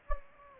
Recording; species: mosquito wingbeat signal from an infrared sensor; Anopheles gambiae